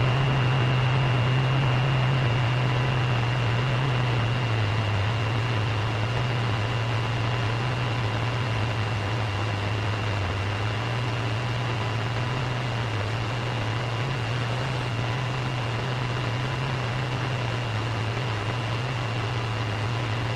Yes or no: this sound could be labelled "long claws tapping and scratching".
no